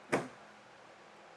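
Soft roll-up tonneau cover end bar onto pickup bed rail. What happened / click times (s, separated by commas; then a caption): The cover end bar knocked down into the bed rail / 0.1 s. The rigid end of an etrailer soft roll-up tonneau cover, unrolled and flipped out, is pressed down onto the bed rail of a 2025 Ram 1500 pickup. It seats into place with a single sharp knock at 0.1 s, followed by a low, quiet background for the rest of the clip.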